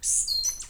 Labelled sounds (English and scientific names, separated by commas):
Stitchbird (Notiomystis cincta) song